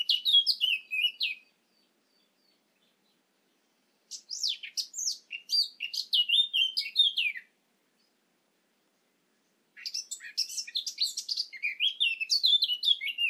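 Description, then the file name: Eurasian blackcap song in three bursts of rapid, varied chattering and whistled notes, separated by quiet gaps of a few seconds. "Sylvia atricapilla"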